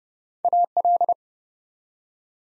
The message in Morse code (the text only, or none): AL